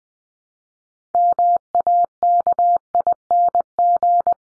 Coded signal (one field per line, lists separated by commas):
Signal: Morse code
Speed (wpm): 20 wpm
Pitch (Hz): 700 Hz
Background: none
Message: MAKING